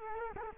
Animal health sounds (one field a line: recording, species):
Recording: mosquito wingbeat signal from an infrared sensor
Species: Culex quinquefasciatus